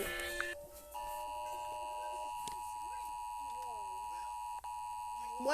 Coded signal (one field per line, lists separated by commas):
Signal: Emergency Alert System (SAME) tones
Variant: 853 and 960 Hz attention tone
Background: speech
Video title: Rating EAS alarms from different countries